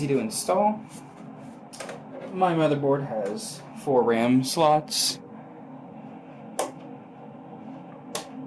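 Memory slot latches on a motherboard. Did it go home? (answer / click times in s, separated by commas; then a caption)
released / 6.6 s, 8.2 s. Someone talks while working on a motherboard with four RAM slots, then flips open the plastic retention latches at both ends of a memory slot before fitting a RAM stick. Two sharp clicks at 6.6 s and 8.2 s mark the latches snapping open, releasing the slot.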